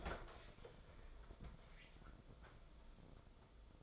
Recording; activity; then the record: daily activity, microphone in the room; open fridge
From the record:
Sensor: 5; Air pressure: 994.5 hPa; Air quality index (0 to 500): 189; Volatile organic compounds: 1000 ppm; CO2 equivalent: 5564 ppm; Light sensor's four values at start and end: 41/129/50/54 and 44/136/53/58